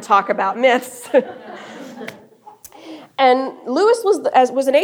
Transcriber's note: laughter